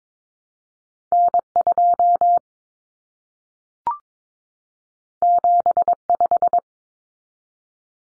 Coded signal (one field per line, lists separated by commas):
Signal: Morse code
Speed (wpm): 22 wpm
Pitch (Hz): 700 Hz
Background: none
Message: N2 75